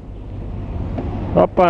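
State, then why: Not seated. A truck's battery compartment cover is being closed over its latch hook, with a low vehicle rumble in the background and a brief faint knock at 1.0 s. Someone talks near the end. Nothing has seated or clicked yet; the clip ends just before the cover goes home.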